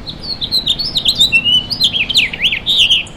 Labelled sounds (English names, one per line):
House Finch song